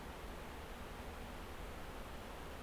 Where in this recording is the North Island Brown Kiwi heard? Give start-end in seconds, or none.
none